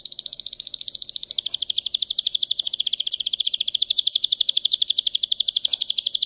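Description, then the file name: Canary trilling nonstop for six seconds, a fast pulsing high roll with slight shifts in pitch. Singing Belgian canary, red frosted colour variety. "canto do canario belga vermelho nevado"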